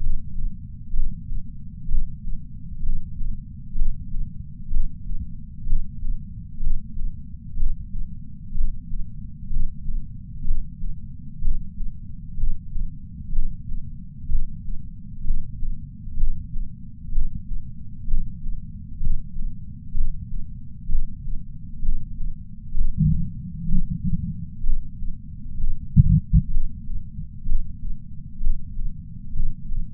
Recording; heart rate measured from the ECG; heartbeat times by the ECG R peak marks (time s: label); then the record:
heart sounds by patch sensor on the chest; 63 bpm
0.93 s: heartbeat
1.88 s: heartbeat
2.82 s: heartbeat
3.75 s: heartbeat
4.70 s: heartbeat
5.66 s: heartbeat
6.60 s: heartbeat
7.56 s: heartbeat
8.54 s: heartbeat
9.49 s: heartbeat
10.44 s: heartbeat
11.41 s: heartbeat
12.37 s: heartbeat
13.32 s: heartbeat
14.28 s: heartbeat
15.24 s: heartbeat
16.17 s: heartbeat
17.11 s: heartbeat
18.07 s: heartbeat
19.00 s: heartbeat
19.94 s: heartbeat
20.88 s: heartbeat
21.82 s: heartbeat
22.74 s: heartbeat
23.68 s: heartbeat
24.63 s: heartbeat
25.57 s: heartbeat
26.50 s: heartbeat
27.45 s: heartbeat
28.40 s: heartbeat
29.33 s: heartbeat
From the record:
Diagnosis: coronary artery disease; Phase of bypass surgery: preoperative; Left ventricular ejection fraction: 64%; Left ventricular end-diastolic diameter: 46 mm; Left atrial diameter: 41 mm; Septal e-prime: 5 cm/s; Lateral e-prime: 6 cm/s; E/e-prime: 12.5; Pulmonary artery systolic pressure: 30 mmHg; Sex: male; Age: 62 years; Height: 165 cm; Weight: 72 kg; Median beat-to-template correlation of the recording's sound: 0.93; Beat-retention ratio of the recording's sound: 0.99